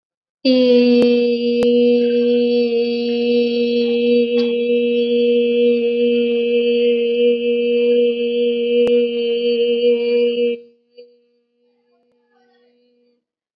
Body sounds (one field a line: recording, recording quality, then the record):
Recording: sustained vowel as in made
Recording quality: excellent, no background noise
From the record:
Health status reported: COVID-19 positive, no symptoms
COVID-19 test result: positive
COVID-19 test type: RT-PCR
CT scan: not taken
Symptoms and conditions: none ticked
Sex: female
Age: 18 years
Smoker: no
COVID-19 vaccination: both doses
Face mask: worn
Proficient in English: yes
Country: India